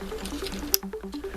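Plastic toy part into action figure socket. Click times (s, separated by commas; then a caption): 0.7 s. A plastic part of a transforming action figure is pushed into its socket over a background of music. A sharp, short click is heard at 0.7 seconds as the part seats into place.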